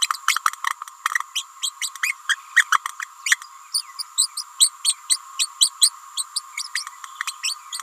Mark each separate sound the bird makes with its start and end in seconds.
0.00-0.08, 0.27-0.39, 1.35-1.44, 1.62-1.72, 1.81-1.90, 2.02-2.15, 2.29-2.36, 2.55-2.64, 2.71-2.80, 2.99-3.05, 3.26-3.38, 3.72-3.82, 3.98-4.03, 4.17-4.27, 4.37-4.43, 4.59-4.71, 4.84-4.95, 5.09-5.18, 5.38-5.47, 5.60-5.70, 5.81-5.90, 6.16-6.24, 6.35-6.41, 6.75-6.85, 7.27-7.32, 7.43-7.55, 7.72-7.79